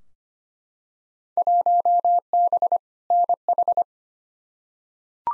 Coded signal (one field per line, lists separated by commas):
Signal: Morse code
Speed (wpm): 25 wpm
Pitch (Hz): 700 Hz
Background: none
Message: 1B NH